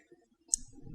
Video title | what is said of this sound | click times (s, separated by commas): HP M4345 - How to Replace the ADF Maintenance Kit | you snap this back on the pin post here and the one up here | 0.5 s